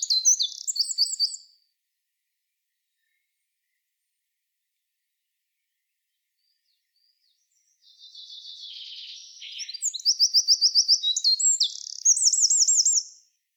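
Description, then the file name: Eurasian wren song: a brief high burst of notes, a long silence, then a loud rapid run of high, metallic trills and twittering for about five seconds. "Troglodytes troglodytes"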